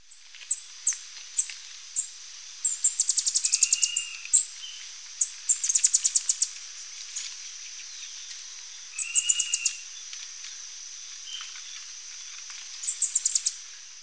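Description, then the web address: Slate-throated whitestart song: high, thin chip notes run together in quick bursts every few seconds, with a few lower whistled notes between phrases. Recorded in Ecuador. "Birds of Ecuador. Slate-throated Whitestart"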